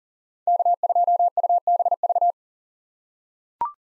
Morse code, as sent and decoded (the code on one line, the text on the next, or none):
-.- ..--- ..- -... ...-
K2UBV